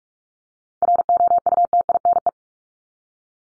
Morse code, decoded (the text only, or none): ROUTINE